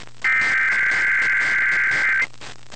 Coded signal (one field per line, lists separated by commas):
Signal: Emergency Alert System (SAME) tones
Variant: header bursts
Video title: Albany, NY Required Monthly Test (9/6/22)